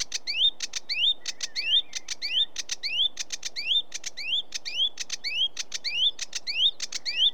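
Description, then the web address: Sedge warbler song repeating a quick motif of dry clicks followed by a rising, slurred whistle, cycled over and over at a steady, lively pace. "BBC Sound Effects Library BBC - Birds Sedge Warbler"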